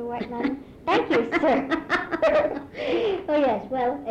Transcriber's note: chuckles